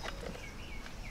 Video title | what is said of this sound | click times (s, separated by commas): 2005 Avalanche: Episode 14 - Replace Fuel Pump Assembly - Chevy Suburban Tahoe Silverado GMT-800 | it clicks right in. | 0.9 s